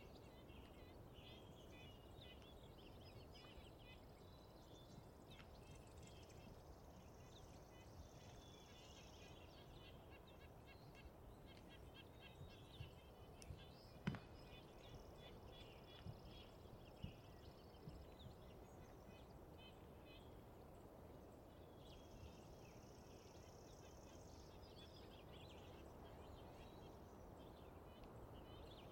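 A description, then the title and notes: Birds call and sing over a steady low rumble, with thin high whistles and trills drifting in and out, clearest around 5–9 seconds and again near 24–27 seconds. A sharp click or snap stands out at about 14 seconds, with a few fainter ticks after it. Just outside the fence of the Coffin Game Reserve in the Colockum Wildlife Area of Washington state.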